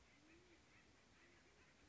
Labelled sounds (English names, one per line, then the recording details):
Band-tailed Pigeon
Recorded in Sonoma County, California